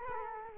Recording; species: mosquito wingbeat signal from an infrared sensor; Culex quinquefasciatus